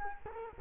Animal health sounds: mosquito wingbeat signal from an infrared sensor; Culex quinquefasciatus

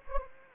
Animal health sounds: mosquito wingbeat signal from an infrared sensor; Anopheles gambiae

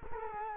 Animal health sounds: mosquito wingbeat signal from an infrared sensor; Culex quinquefasciatus

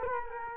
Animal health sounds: mosquito wingbeat signal from an infrared sensor; Culex quinquefasciatus

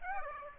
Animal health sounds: mosquito wingbeat signal from an infrared sensor; Aedes aegypti

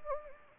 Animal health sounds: mosquito wingbeat signal from an infrared sensor; Anopheles gambiae

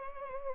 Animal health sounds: mosquito wingbeat signal from an infrared sensor; Anopheles gambiae

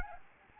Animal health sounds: mosquito wingbeat signal from an infrared sensor; Anopheles gambiae

